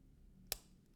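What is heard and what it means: A thumb presses hard on the metal push-button deployant clasp of a Heimdallr H28 watch's steel bracelet, which does not snap shut lightly. After a quiet lead-in, a single sharp, bright click sounds at 0.5 s and quickly fades. The clasp clicks shut and engages.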